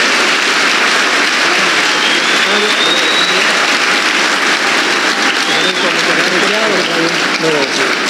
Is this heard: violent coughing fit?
no